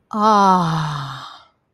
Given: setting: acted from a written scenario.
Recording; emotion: vocal sound without words; serenity